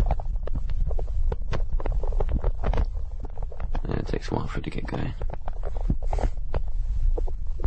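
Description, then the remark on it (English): A low, continuous stomach rumbling gurgles underneath, the sound of a stomach digesting rich winter food at Christmas while waiting for a film to start, dotted with small pops and a few brief squeaky gurgles, while people talk over it throughout. “So this is the sound of your stomach rumbling while you were waiting for a film to start at Christmas.”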